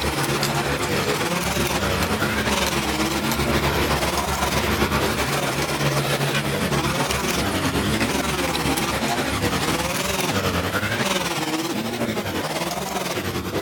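Layered, processed tamping sounds form a dense, steady churn with a low engine-like throb and warbling, swooping tones sliding throughout.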